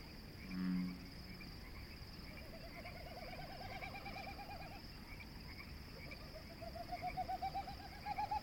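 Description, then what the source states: Wilson's Snipe winnowing: pulsed, wavering hoots rising in pitch, heard twice, the second swelling in loudness; a single deep croak near the start over a steady insect-like drone. Sound made by the tail, not the voice; evening chorus with bullfrogs at Conboy Lake National Wildlife Refuge, May 13, 2016; first mistaken for frogs.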